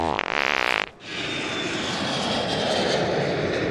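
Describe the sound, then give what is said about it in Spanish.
A short buzzy, rising tonal burst cuts off abruptly, then a loud airplane engine drone takes over, a steady rumbling roar with a faint high whine, as a character in El Viejo Vizcacha Superheroe flies off with an explosive watermelon to deliver it to Fofito. “Ahora vamos a volar con la sandía y le vamos a hacer una entrega a domicilio a Fofito.”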